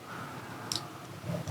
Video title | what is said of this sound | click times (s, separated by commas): 1/76 Baby Monster Truck Turbo Racing C81 🚙 | and then just to pop the chassis back on you have to lock in this little latch here in the front | 0.7 s